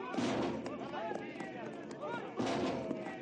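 A battering ram swung by Tatar warriors pounds the iron-bound doors of a church, with two heavy booming thuds a couple of seconds apart over a constant, loud din of shouting men.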